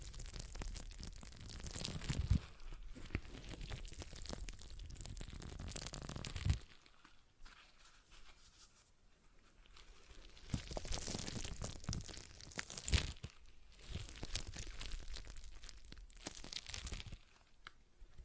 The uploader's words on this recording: ASMR Relaxing Stress Ball Sounds (No Talking).